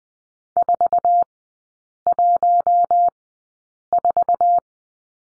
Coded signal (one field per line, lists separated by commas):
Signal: Morse code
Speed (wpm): 20 wpm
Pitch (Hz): 700 Hz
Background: none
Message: 414